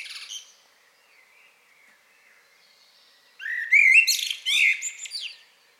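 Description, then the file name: Common blackbird: a faint end of a phrase, a quiet interval, then a rich fluted phrase breaking into high, squeaky twittering notes. "Turdus merula"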